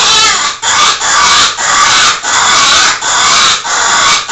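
Rabbit squealing: harsh, piercing cries repeated in quick succession with brief dips between them, continuing through the whole stretch.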